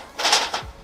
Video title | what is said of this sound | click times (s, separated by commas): WEBER BABY Q: RE-USABLE CONVECTION TRAY Vs WEBER CONVECTION TRAYS REVIEW | it locks in place now because | 0.5 s